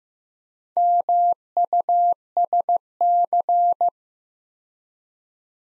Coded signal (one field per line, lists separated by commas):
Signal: Morse code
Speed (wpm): 15 wpm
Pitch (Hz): 700 Hz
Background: none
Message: MUSC